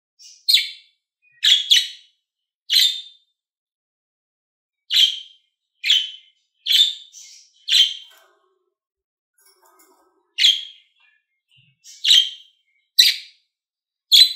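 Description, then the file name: Lovebird uttering a series of harsh, high screechy chirps, some in quick pairs, spaced irregularly with a few second-long pauses. Described as a happy lovebird. "Morgh Eshgh Khoshhal"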